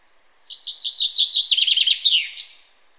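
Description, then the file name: Common chaffinch song: a quick, slightly descending series of sweet chipping notes that speeds into a trill and ends in a bright, downward flourish. "Fringilla coelebs"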